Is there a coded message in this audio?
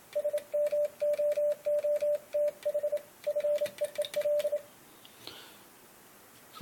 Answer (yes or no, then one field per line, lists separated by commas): yes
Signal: Morse code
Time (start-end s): 0.2-4.6 s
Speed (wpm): 27 wpm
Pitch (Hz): 590 Hz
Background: radio noise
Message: SMOOTH FEEL